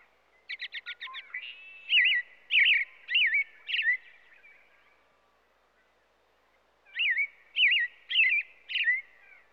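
American Robin song: rapid run of high chips leading into several warbled whistled phrases, a silent gap of about three seconds, then four more slurred caroling phrases.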